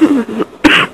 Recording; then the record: coughing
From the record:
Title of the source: 31 night wet cough